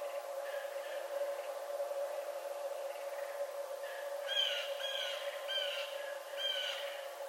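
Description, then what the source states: Red fox producing faint calls at first, then a run of four clear yelping barks in the second half, over a steady hum. Recorded 11 November 2011.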